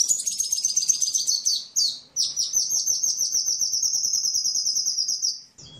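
Bird song opening with fast high chirps, then a long, even rattling trill held for about three seconds before stopping.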